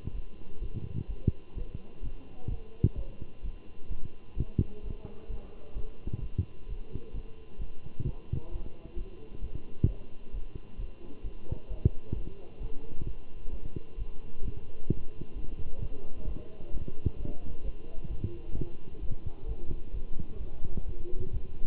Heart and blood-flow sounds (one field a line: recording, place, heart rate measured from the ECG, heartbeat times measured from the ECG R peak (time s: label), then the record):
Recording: heart sounds by stethoscope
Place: between the tricuspid and mitral areas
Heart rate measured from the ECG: 130 bpm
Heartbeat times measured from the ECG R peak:
0.14 s: heartbeat
0.61 s: heartbeat
1.08 s: heartbeat
1.56 s: heartbeat
2.03 s: heartbeat
2.49 s: heartbeat
2.96 s: heartbeat
3.43 s: heartbeat
3.89 s: heartbeat
4.36 s: heartbeat
4.83 s: heartbeat
5.29 s: heartbeat
5.75 s: heartbeat
6.21 s: heartbeat
6.68 s: heartbeat
7.13 s: heartbeat
7.59 s: heartbeat
8.05 s: heartbeat
8.51 s: heartbeat
8.96 s: heartbeat
9.41 s: heartbeat
9.87 s: heartbeat
10.33 s: heartbeat
10.78 s: heartbeat
11.23 s: heartbeat
11.69 s: heartbeat
12.15 s: heartbeat
12.60 s: heartbeat
13.05 s: heartbeat
13.51 s: heartbeat
13.97 s: heartbeat
14.43 s: heartbeat
14.89 s: heartbeat
15.35 s: heartbeat
15.80 s: heartbeat
16.26 s: heartbeat
16.72 s: heartbeat
17.18 s: heartbeat
17.63 s: heartbeat
18.09 s: heartbeat
18.55 s: heartbeat
19.01 s: heartbeat
19.47 s: heartbeat
19.93 s: heartbeat
20.39 s: heartbeat
20.86 s: heartbeat
21.32 s: heartbeat
From the record:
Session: Bruce protocol treadmill stress test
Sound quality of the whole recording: good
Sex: male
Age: 23 years